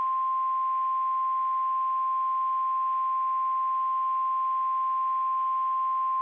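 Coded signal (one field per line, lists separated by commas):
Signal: Emergency Alert System (SAME) tones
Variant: 1050 Hz attention tone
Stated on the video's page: NOAA Weather Radio Severe Thunderstorm Warning for parts of Maryland, Virginia and West Virginia.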